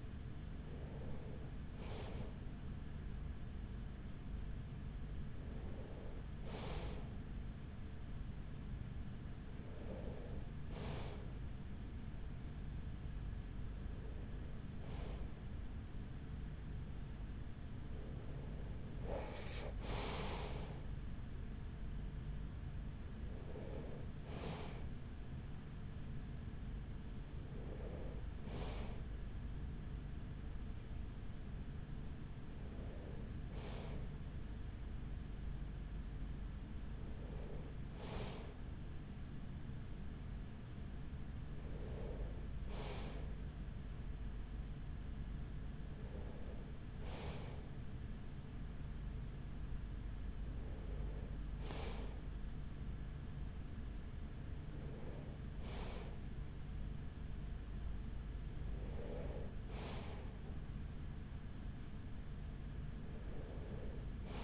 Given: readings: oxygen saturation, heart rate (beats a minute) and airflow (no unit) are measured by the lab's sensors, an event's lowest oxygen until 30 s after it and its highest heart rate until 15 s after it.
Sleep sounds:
breathing in sleep by a smartphone at the bedside; none
none scored
From the record:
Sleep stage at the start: N3 (deep sleep); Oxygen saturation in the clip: 94 to 95%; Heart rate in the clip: 42 to 46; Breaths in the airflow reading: 14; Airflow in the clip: -7.1 to 5.9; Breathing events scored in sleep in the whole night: 207 in 7.6 hours asleep

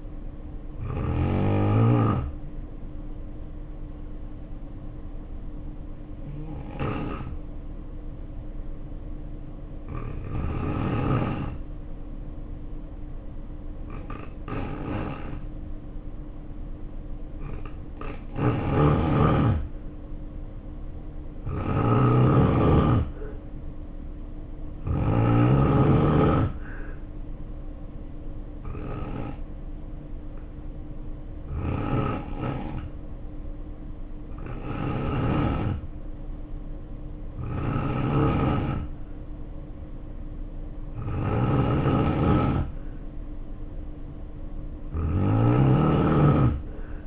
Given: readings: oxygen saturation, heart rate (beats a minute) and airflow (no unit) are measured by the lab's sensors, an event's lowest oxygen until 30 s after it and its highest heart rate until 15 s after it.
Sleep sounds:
breathing in sleep by a smartphone at the bedside; 1
3.00-19.00 s: hypopnea (N2, oxygen 94% highest, then 85% lowest, heart rate 55 at the start, 65 highest)
From the record:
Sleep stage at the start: N2 (light sleep); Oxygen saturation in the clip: 78 to 94%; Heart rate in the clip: 55 to 65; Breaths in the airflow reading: 12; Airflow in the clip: -2.1 to 3.1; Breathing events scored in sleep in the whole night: 520 in 7.2 hours asleep

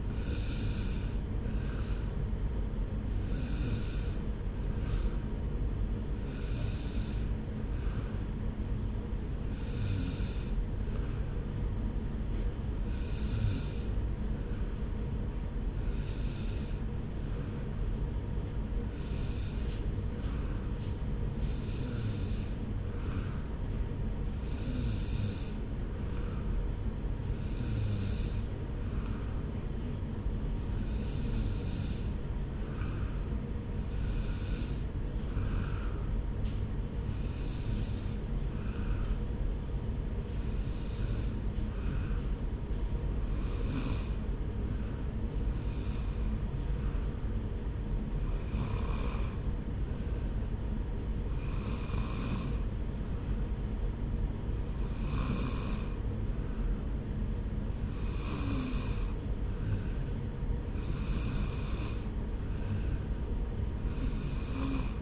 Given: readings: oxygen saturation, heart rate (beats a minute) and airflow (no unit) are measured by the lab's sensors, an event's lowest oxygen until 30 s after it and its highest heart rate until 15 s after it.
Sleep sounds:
breathing in sleep by a smartphone at the bedside; none
2.00-65.02 s: new sleep stage, N2 (light sleep)
From the record:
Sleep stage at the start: N3 (deep sleep); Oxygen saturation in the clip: 93 to 95%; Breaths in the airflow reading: 22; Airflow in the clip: -1.1 to 1.3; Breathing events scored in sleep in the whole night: 335 in 6.7 hours asleep

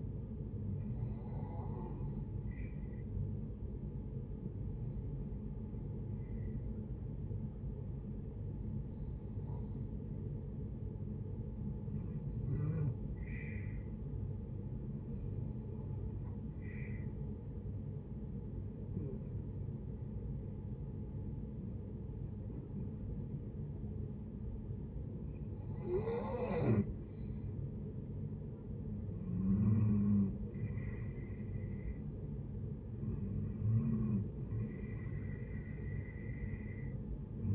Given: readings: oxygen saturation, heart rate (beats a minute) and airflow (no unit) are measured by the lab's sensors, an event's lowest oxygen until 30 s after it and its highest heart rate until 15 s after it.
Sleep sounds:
breathing in sleep by a smartphone at the bedside; none
none scored
From the record:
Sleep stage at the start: REM sleep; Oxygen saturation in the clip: 78 to 87%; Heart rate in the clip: 74 to 81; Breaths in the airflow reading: 10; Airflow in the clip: -6.4 to 9.2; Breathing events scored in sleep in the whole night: 496 in 5.4 hours asleep

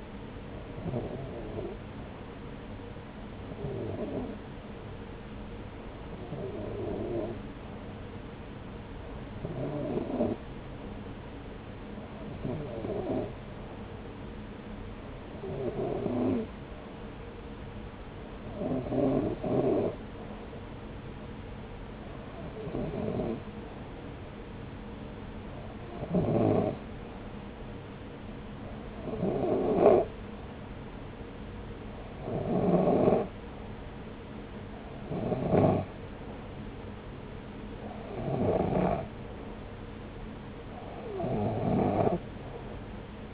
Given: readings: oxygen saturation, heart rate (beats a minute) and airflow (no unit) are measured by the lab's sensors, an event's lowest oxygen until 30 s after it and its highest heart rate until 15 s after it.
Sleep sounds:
breathing in sleep by a voice recorder at the bedside; none
none scored
From the record:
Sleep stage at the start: REM sleep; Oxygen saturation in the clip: 92 to 93%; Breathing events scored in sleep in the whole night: 303 in 8.1 hours asleep

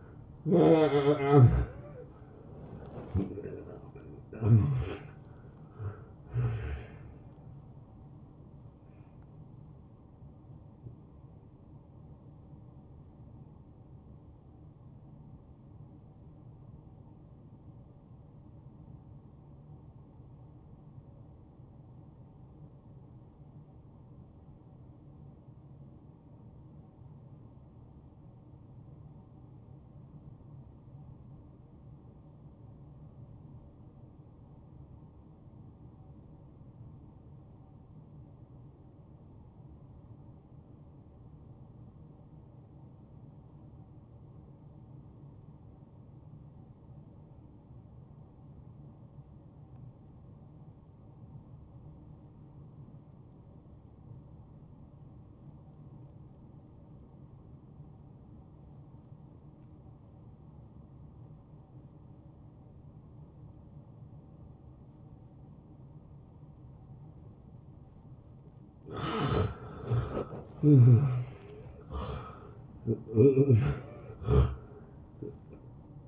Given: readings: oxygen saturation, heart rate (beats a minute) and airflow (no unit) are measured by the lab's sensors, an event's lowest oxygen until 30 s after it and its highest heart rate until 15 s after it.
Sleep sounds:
breathing in sleep by a smartphone at the bedside; 1
18.00-69.00 s: obstructive apnea (N1, oxygen 93% highest, then 79% lowest)
31.00-61.00 s: new sleep stage, N2 (light sleep)
61.00-76.07 s: new sleep stage, N1 (lightest sleep)
From the record:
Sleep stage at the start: N1 (lightest sleep); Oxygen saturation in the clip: 81 to 93%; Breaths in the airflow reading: 7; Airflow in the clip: -18.3 to 9.2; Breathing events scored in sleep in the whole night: 263 in 5.5 hours asleep

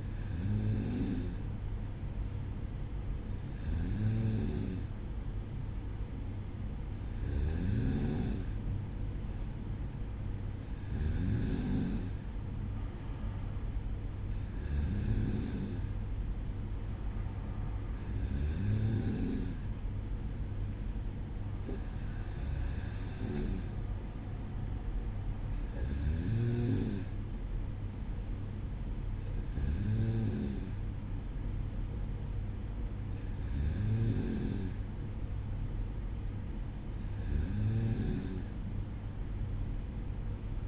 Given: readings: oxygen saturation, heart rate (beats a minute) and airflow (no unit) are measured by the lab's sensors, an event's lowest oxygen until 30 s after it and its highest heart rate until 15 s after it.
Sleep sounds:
breathing in sleep by a smartphone at the bedside; none
none scored
From the record:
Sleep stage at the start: N2 (light sleep); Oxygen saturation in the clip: 94%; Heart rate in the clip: 55 to 56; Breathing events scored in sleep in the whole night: 305 in 9.6 hours asleep

